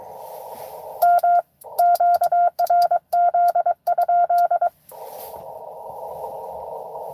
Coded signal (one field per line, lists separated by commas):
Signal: Morse code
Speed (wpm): 23 wpm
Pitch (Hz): 700 Hz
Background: none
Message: M QRZ?